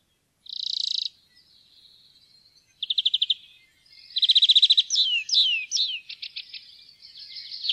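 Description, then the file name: European greenfinch calls: a harsh buzzy note, then a short rapid trill, followed by a longer twittering sequence of fast trills and downslurred whistled notes, all high-pitched. "groennfink"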